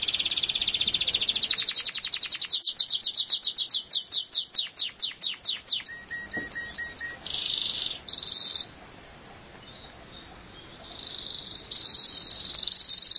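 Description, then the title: Canary song with a long, fast chattering trill slowing into repeated down-slurred whistles, followed by several buzzy high rolls separated by brief pauses. "Kenari"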